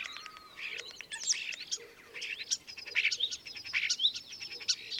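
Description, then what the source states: Common starling song as a dense, jumbled stream of chirps, squeaks and warbled notes over a noisy background. Recorded at Dviete.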